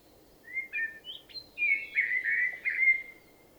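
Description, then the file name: Common blackbird singing, a run of whistled notes leading into longer sliding, slightly scratchy phrases, over quiet background. "Turdus merula"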